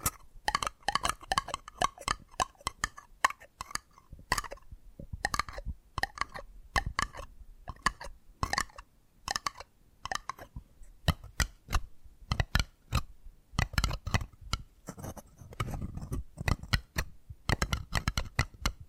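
Tapping triggers: sharp, crisp taps fall in quick bursts and irregular clusters, some brighter and clicky, others duller with a low knock. Tempo shifts throughout, with short pauses between runs, and a few faint scratchy rustles appear in the later half.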